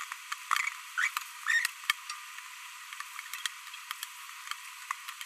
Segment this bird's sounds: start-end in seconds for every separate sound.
0.98-1.07, 1.47-1.66